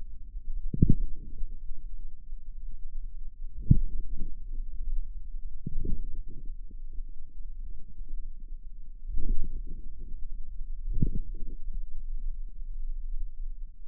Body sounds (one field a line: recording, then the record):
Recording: forearm muscle sounds (acoustic myography)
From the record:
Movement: inward rotation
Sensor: system 2, bracelet of six BSWA MPA416 microphones around the upper forearm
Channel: 4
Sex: female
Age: 23 years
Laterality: right